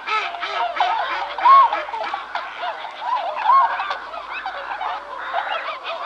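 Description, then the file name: Bewick's swan calls, a flock of bugling, yelping notes overlapping continuously, some rising and falling, with a babble of many birds. "Bewick's Swan (Cygnus columbianus)"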